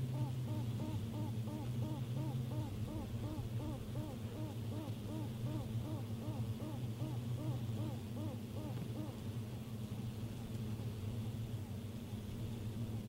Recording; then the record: honeybee colony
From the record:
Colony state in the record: pre-swarm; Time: day